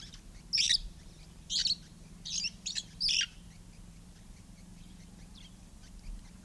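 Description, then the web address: Red-fronted parrot producing five short, piercing shrieks within about three seconds, then quiet except for a faint steady hum. "parrots poicephalus-gulielmi"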